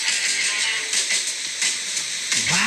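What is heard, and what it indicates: Steady, hissing high static with no pauses, imitating tinnitus heard as constant static noise all the time.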